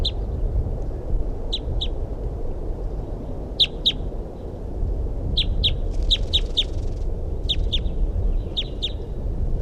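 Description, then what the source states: Crossbill calls: sharp, dry kip notes, given singly and in quick pairs or short runs, repeating through the stretch over a low rumbling background. Wild female, moving over toward a caged bird, number 327, kept in a cage on the ground.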